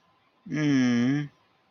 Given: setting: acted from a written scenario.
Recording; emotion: vocal sound without words; adoration